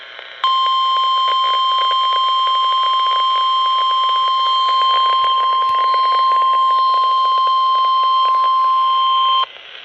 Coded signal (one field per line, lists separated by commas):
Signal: Emergency Alert System (SAME) tones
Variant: 1050 Hz attention tone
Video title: Another EAS upload but the 12-382 doesn't work. My RadioShack 12-382 is totally useless. Piece of sh